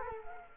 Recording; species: mosquito wingbeat signal from an infrared sensor; Culex quinquefasciatus